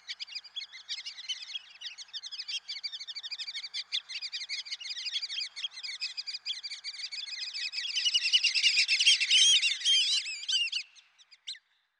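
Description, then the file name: Black-bellied whistling duck calls: dense run of quick squeaky whistles, swelling louder near the end with clearer rising and falling whistled notes, then stopping abruptly. "dan gibsons solitudes black bellied whistling duck"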